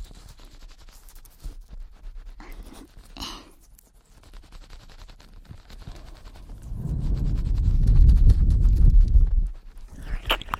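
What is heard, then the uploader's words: Fast eating with quick crunching clicks, a brief scrape near three seconds, then a dense, louder low chewing rumble from seven to nine seconds. ASMR Fast Ear Eating.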